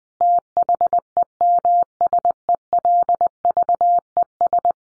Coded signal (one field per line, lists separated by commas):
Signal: Morse code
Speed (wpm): 20 wpm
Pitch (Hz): 700 Hz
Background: none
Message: THEMSELVES